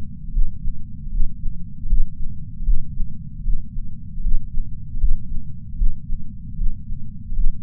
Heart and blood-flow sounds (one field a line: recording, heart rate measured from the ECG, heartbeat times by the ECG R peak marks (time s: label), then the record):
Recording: heart sounds by patch sensor on the chest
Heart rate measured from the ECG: 77 bpm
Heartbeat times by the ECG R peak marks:
0.29 s: heartbeat
1.07 s: heartbeat
1.85 s: heartbeat
2.61 s: heartbeat
3.40 s: heartbeat
4.19 s: heartbeat
4.96 s: heartbeat
5.74 s: heartbeat
6.54 s: heartbeat
7.31 s: heartbeat
From the record:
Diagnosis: coronary artery disease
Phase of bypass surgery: intraoperative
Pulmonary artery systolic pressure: 21 mmHg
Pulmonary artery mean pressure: 15 mmHg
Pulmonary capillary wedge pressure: 10 mmHg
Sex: male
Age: 65 years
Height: 170 cm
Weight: 65 kg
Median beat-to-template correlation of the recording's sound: 0.94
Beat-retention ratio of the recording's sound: 0.99